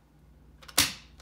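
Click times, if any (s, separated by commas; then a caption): 0.8 s. The hinged plastic bottom lid of a Dyson V7 vacuum's dust bin is pushed closed onto the bin until it latches. A couple of faint taps come first, then one sharp, firm click at 0.8 s, with a soft tick near 1.2 s. The lid snaps shut and is seated, with a clean click and no muddiness.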